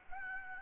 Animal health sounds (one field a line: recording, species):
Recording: mosquito wingbeat signal from an infrared sensor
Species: Aedes albopictus